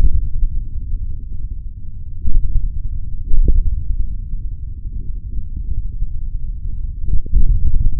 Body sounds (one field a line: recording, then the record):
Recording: forearm muscle sounds (acoustic myography)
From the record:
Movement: hand opening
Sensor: system 3, bracelet of six PUI Audio POM-2738L microphones around the upper forearm, with dedicated amplification and filtering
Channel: 1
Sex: male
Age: 56 years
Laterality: right